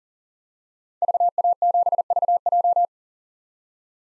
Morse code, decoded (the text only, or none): VA7VJ